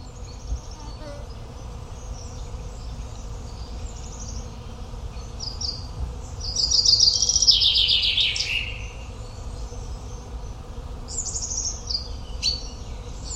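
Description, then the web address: Common chaffinch delivering one loud, rattling descending phrase with a terminal flourish midway, while fainter high song fragments sound before and after it. "Deverinetal"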